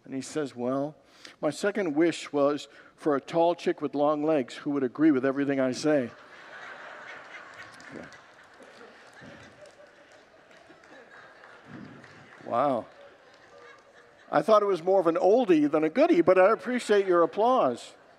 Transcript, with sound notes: And he says, “Well, my second wish was for a tall chick with long legs who would agree with everything I say.” [Congregants laugh] Wow. I thought it was more of an oldie than a goodie, but I appreciate your applause.